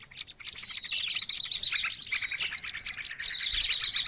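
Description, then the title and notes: Birds chirping and trilling together, a quiet start building into dense high chatter with rapid rattled phrases. Noisy mix of bird calls used for luring birds. "Burung Ribut Pikat"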